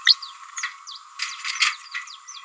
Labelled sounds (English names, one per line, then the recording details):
Green-rumped Parrotlet babbling
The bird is a female
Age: 29 days
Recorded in a nest box in Venezuela
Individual 17B31A3